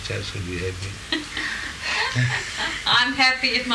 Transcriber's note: laughs